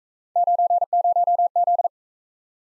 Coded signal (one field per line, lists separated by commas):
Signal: Morse code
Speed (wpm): 40 wpm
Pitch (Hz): 700 Hz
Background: none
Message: 90Z